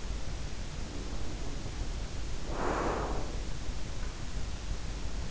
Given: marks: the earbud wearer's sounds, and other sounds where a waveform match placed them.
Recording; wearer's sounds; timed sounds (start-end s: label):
sounds in sleep by an in-ear microphone; breath
0.76-3.62 s: breath